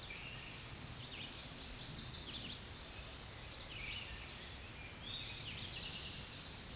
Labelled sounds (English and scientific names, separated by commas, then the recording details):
Chestnut-sided Warbler (Setophaga pensylvanica) song
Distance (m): 25 m
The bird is about level with the microphone
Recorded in a Pennsylvania forest on 16 May 2024 at 06:53
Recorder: AudioMoth, point MSD-2287
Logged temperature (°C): 11.2 °C
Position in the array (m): 150 m, -1 m